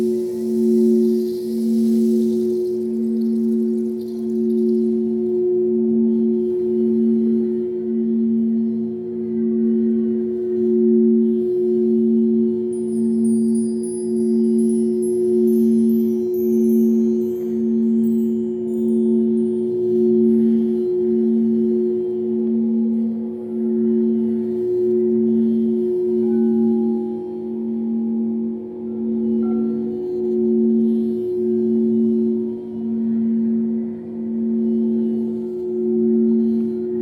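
Crystal bowls ring with a sustained, steady low tone and a higher partial above it, the lower one pulsing in a slow, regular wobble throughout. A faint bright chirping sweep appears around the thirteen to seventeen second mark.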